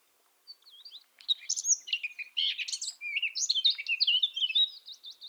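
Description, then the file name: Eurasian blackcap singing a rich, hurried warble of mixed scratchy and whistled notes that grows louder and, after a brief break early on, runs on without pause. "Sylvia atricapilla"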